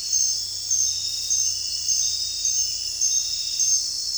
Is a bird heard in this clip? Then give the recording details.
no. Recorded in dense forest near Puerto Asís, Putumayo, Colombia, on 20 December 2024 at 23:00. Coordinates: 0.467, -76.328. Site GP05